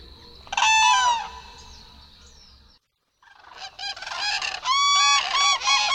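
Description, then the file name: Common crane trumpeting calls, one burst early, then a brief silence followed by a longer run of loud honking calls. "ZURAW"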